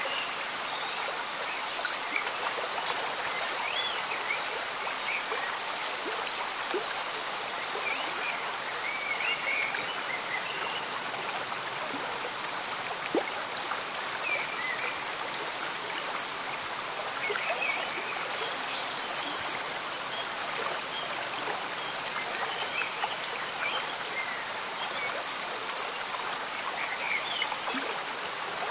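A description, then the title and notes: A slow stream bubbles steadily while gentle rain falls in a forest, making a dense, even hiss that stays level throughout. Small drips and splashes pop out irregularly, with a few brief bright chirps around the middle. Gentle Rain On A Lazy Afternoon, Relaxing Stream Sounds. Magical Jungle Atmosphere. The gentle bubbling of a slow moving stream and the sound of rain in a tranquil forest.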